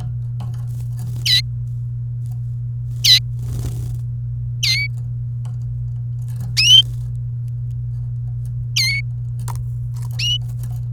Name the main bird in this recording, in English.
Domestic Canary